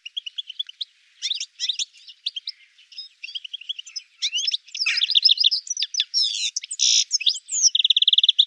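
Bird calls: dense, rapid, varied high chirps and trills, ending in a fast even trill.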